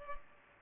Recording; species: mosquito wingbeat signal from an infrared sensor; Culex pipiens